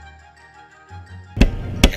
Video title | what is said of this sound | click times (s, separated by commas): HOW TO REPLACE REAR WIPER BLADE 2008 SATURN VUE XR and Chevy Captiva is the same | tap on the top of the housing you will hear a click when it snaps into the groove and | 1.4 s, 1.8 s